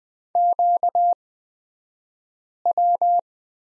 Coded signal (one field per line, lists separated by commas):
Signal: Morse code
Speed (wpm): 20 wpm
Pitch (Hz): 700 Hz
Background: none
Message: QW